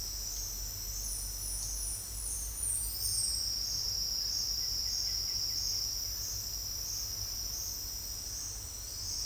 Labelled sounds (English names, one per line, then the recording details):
none
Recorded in secondary vegetation near Puerto Asís, Putumayo, Colombia, on 28 February 2025 at 09:00
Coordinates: 0.484, -76.319
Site G010